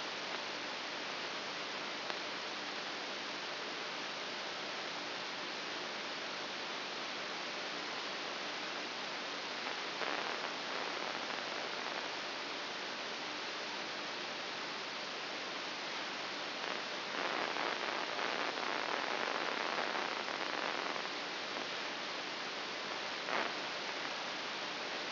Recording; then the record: brain microelectrode recording played as sound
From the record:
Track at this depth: outside the subthalamic nucleus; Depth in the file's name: 7.001 mm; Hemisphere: right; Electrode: 2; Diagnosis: Parkinson's disease